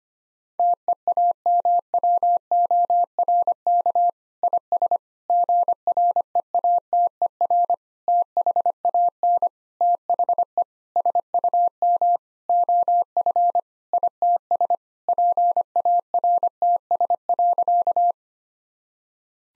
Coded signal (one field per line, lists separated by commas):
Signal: Morse code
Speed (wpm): 25 wpm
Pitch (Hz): 700 Hz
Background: none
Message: TEAMWORK IS GREATER THAN THE SUM OF ITS PARTS.